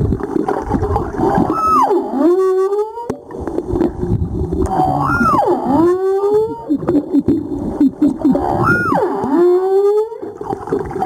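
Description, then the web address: Humpback whale song with three sweeping falling-then-rising wails, each ending in an upward slide, set against a dense low rumble. Recorded 2022-04-17. "2022 04 17 jubarte"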